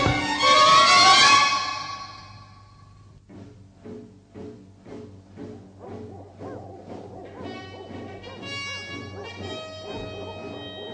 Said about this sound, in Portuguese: Não pode ser, mas parecem latidos de cães de caça. Os caçadores andavam caçando por trás dos morros. Será que me farejaram estes malditos cachorros? Sim, são eles, vêm chegando.